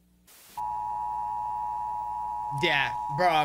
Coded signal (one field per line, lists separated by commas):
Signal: Emergency Alert System (SAME) tones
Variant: 853 and 960 Hz attention tone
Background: speech